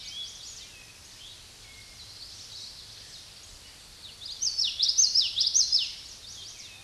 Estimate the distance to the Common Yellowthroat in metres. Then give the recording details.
about 5 m. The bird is about level with the microphone. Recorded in a Pennsylvania forest on 16 May 2024 at 06:25. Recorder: AudioMoth, point MSD-1342. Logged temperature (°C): 15.5 °C. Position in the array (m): 228 m, 181 m